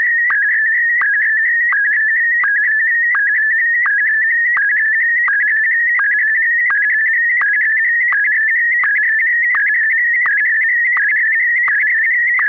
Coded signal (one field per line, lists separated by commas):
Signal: SSTV (slow-scan television)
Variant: PD 90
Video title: Slow Scan Radio, August 8, 2018, Ep. 3